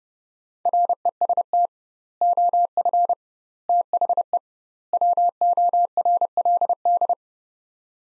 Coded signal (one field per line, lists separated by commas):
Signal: Morse code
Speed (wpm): 31 wpm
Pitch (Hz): 700 Hz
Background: none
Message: REST OF THE WORLD